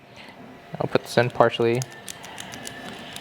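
A rekeyed car door lock cylinder, matched to an existing Honda key, has its key pulled so the spring tabs pop up, then is put partially into its metal housing. Someone talks over faint handling and a few short sharp taps. The cylinder has not locked into place or clicked home yet.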